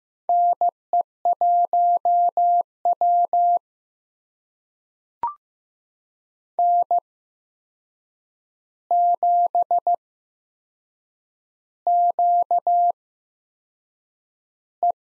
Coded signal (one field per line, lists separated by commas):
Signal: Morse code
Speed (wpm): 15 wpm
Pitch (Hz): 700 Hz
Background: none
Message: NE1W N7QE